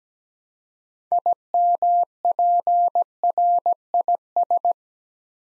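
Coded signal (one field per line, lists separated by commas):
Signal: Morse code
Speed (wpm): 17 wpm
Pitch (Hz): 700 Hz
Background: none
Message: IMPRIS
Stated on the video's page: Computer-generated Morse practice for beginners moving to words, copying 8-letter words three letters at a time at 17 wpm, building instant character recognition.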